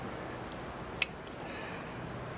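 A metal and plastic fuel injector is pushed into its fuel rail or retaining clip on a VW 2.5 Jetta engine, giving a short, sharp click at 1.0 s and a fainter tick at 1.3 s over a low, steady background. The injector is not pushed down far enough and is not fully seated.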